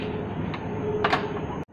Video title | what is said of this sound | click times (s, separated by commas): Konika minolta Bizhub 1100 Demo full video , How to make copies. | ఇది మనం ఇలా పెట్టేసి జస్ట్ ఇలా లాక్ చేస్తే సరిపోతుంది. | 1.0 s